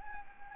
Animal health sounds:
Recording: mosquito wingbeat signal from an infrared sensor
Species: Anopheles gambiae

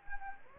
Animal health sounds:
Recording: mosquito wingbeat signal from an infrared sensor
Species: Anopheles gambiae

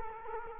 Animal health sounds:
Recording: mosquito wingbeat signal from an infrared sensor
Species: Culex quinquefasciatus

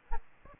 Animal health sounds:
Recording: mosquito wingbeat signal from an infrared sensor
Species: Aedes albopictus

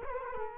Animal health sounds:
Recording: mosquito wingbeat signal from an infrared sensor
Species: Culex quinquefasciatus

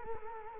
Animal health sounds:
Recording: mosquito wingbeat signal from an infrared sensor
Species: Culex quinquefasciatus

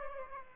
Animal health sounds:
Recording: mosquito wingbeat signal from an infrared sensor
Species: Aedes aegypti

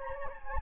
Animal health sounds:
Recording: mosquito wingbeat signal from an infrared sensor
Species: Anopheles gambiae

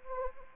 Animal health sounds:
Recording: mosquito wingbeat signal from an infrared sensor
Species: Anopheles arabiensis

